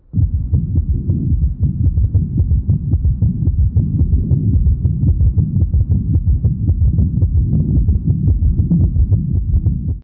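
Low, dull thumps from an adult heart, heard through a stethoscope, repeat at about 110 a minute over a steady low hum. The beats are fairly regular, with a slightly fast rate. These are heart sounds.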